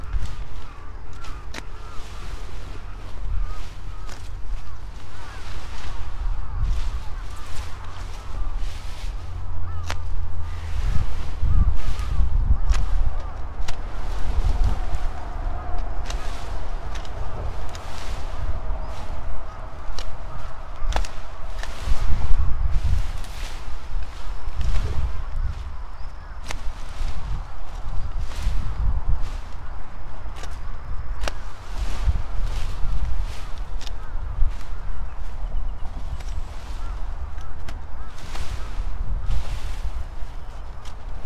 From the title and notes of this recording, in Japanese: 台風＋長雨でずいぶん太陽を見ない日が続いて、やっと晴れた！サツマイモ収穫準備で伸びたツルを株元から切っていきます。よく研いだ鎌で一切り。道路が近い畑なので、クルマやバイクもよく通る。